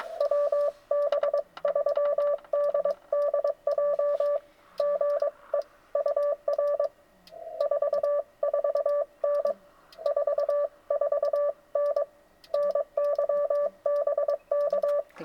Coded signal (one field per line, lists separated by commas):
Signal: Morse code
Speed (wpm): 22 wpm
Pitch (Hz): 580 Hz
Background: none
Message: WB3DDJ GE UR 44N 44N NYBK